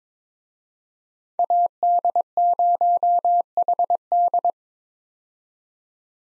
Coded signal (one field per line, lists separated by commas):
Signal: Morse code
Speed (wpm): 22 wpm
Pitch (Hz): 700 Hz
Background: none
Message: AD0HD